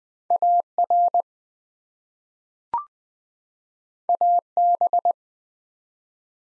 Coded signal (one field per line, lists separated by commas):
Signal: Morse code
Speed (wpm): 20 wpm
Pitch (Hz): 700 Hz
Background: none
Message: AR AB